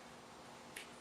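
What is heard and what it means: The end of a plastic tube is pushed into a push-to-connect fitting on an SC300P. A short, bright tick sounds at 0.8 s over a steady low background hiss as the tube seats in the fitting.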